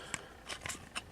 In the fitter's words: and those will just snap right into place on inside here so just kind of fold these in